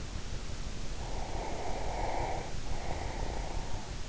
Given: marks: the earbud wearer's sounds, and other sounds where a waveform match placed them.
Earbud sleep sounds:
sounds in sleep by an in-ear microphone; breath
1.26-4.01 s: breath

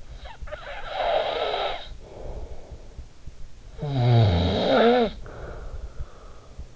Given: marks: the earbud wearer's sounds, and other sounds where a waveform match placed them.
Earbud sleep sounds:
sounds in sleep by an in-ear microphone; snoring breath
0.13-3.16 s: snoring breath
3.33-6.76 s: snoring breath

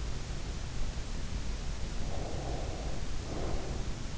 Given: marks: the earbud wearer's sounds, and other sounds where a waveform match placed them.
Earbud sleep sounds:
sounds in sleep by an in-ear microphone; breath
2.04-3.79 s: breath

